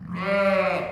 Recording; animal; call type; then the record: contact call of a hoofed animal; sheep; low-frequency (closed-mouth) or high-frequency (open-mouth) call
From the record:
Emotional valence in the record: negative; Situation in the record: short social isolation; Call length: 0.92 s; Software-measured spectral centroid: 1720 Hz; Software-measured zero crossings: 1660 a second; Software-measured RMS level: -24 dBFS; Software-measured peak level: -11 dBFS